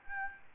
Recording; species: mosquito wingbeat signal from an infrared sensor; Aedes albopictus